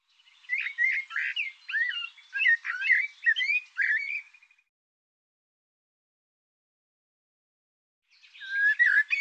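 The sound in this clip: Bird song: a long rambling phrase of quick chirps and squeaky whistles for about four seconds, a pause, then singing resumes.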